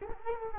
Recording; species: mosquito wingbeat signal from an infrared sensor; Culex quinquefasciatus